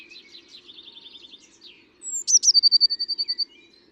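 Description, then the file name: Eurasian blue tit gives a soft buzzy churring series, then a bright high note leading into a fast trill lasting over a second. "Cyanistes caeruleus"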